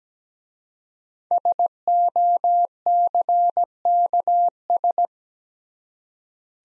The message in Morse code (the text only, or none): SOCKS